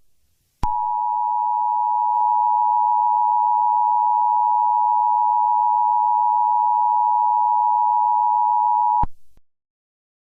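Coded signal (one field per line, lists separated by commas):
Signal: Emergency Alert System (SAME) tones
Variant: 853 and 960 Hz attention tone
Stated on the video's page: Fictional EAS scenario.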